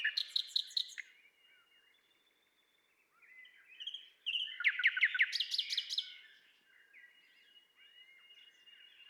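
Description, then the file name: Common nightingale singing, quick harsh trills at the start, quiet, then a loud burst of rapid repeated notes and warbles, with a thin steady whistle behind. "Luscinia megarhynchos"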